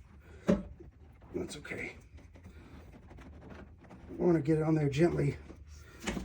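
A plastic wiring harness connector is pushed gently onto an aftermarket Amerilite headlight assembly on a 2014 Chevrolet Silverado 1500 WT while someone talks. Faint handling taps come at about 3.2 s and 3.9 s, and a louder short hit lands at about 6.3 s at the very end. Nothing has seated or clicked yet.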